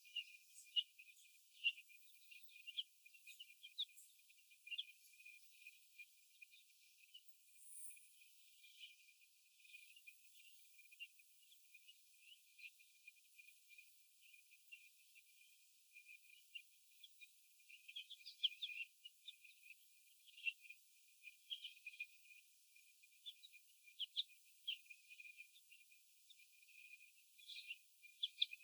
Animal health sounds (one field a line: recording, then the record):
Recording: young laying hens in a cage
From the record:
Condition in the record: after the stressor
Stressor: sudden umbrella opening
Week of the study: 2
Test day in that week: 1